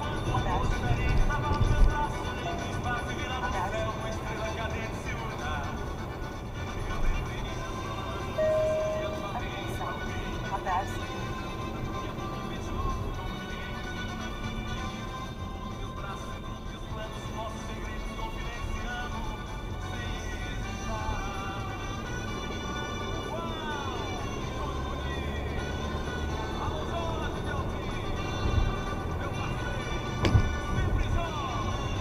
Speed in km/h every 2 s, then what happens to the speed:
102, 96, 90, 83, 77, 68, 55, 47, 46, 48, 52, 64, 76, 85, 91, 93.
0-16 brakes to 46. 16-32 speeds up to 93.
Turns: none.